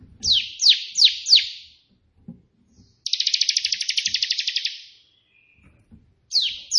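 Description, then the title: Prinia song: four descending slurred notes, a silence, a long buzzy ticking trill, then more falling notes starting again at the end. Three song variations of the white prinia, suited as tutor song for pet prinias. "3 VARIASI TEMBAKAN prenjak putih ini COCOK untuk masteran prenjak anda"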